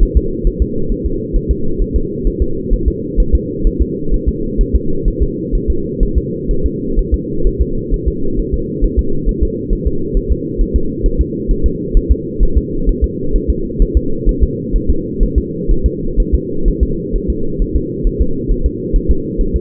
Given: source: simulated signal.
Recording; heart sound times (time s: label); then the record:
fetal heart sounds
0.03 s: S1
0.17 s: S2
0.47 s: S1
0.62 s: S2
0.92 s: S1
1.06 s: S2
1.36 s: S1
1.51 s: S2
1.81 s: S1
1.96 s: S2
2.27 s: S1
2.42 s: S2
2.73 s: S1
2.88 s: S2
3.20 s: S1
3.35 s: S2
3.67 s: S1
3.82 s: S2
4.14 s: S1
4.29 s: S2
4.61 s: S1
4.75 s: S2
5.08 s: S1
5.23 s: S2
5.55 s: S1
5.70 s: S2
6.03 s: S1
6.18 s: S2
6.51 s: S1
6.66 s: S2
6.99 s: S1
7.14 s: S2
7.47 s: S1
7.62 s: S2
7.94 s: S1
8.08 s: S2
8.39 s: S1
8.54 s: S2
8.84 s: S1
8.99 s: S2
9.29 s: S1
9.43 s: S2
9.73 s: S1
9.88 s: S2
10.17 s: S1
10.32 s: S2
10.61 s: S1
10.76 s: S2
11.06 s: S1
11.21 s: S2
11.51 s: S1
11.66 s: S2
11.97 s: S1
12.12 s: S2
12.43 s: S1
12.58 s: S2
12.89 s: S1
13.04 s: S2
13.36 s: S1
13.50 s: S2
13.82 s: S1
13.97 s: S2
14.29 s: S1
14.43 s: S2
14.76 s: S1
14.90 s: S2
15.23 s: S1
15.38 s: S2
15.71 s: S1
15.86 s: S2
16.20 s: S1
16.35 s: S2
16.68 s: S1
16.83 s: S2
17.16 s: S1
17.30 s: S2
17.62 s: S1
17.76 s: S2
18.07 s: S1
18.22 s: S2
18.51 s: S1
18.66 s: S2
18.96 s: S1
19.11 s: S2
19.41 s: S1
19.56 s: S2
From the record:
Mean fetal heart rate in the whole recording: 130 bpm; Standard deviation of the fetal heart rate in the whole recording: 4 bpm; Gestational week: 38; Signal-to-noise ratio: -8.1 dB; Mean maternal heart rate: 72 bpm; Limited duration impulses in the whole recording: absent